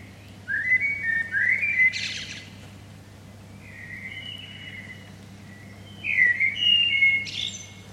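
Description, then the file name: Common blackbird song in two mellow whistled phrases, each ending in a scratchy, buzzy high flourish, separated by a quieter stretch of soft warbling over a low hum. "Turdus merula"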